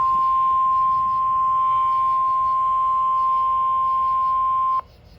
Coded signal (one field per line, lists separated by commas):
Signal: Emergency Alert System (SAME) tones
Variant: 1050 Hz attention tone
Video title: (EAS #386) DESTRUCTIVE Severe Thunderstorm Warning for Multiple KDVN Counties